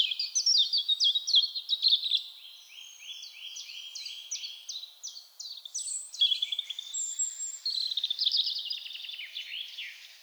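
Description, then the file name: European robin singing high, tinkling phrases of rapid repeated notes that shift in pitch, sweeping up and down and ending in a fast twittering trill. "Erithacus rubecula"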